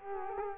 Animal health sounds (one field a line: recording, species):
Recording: mosquito wingbeat signal from an infrared sensor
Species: Culex quinquefasciatus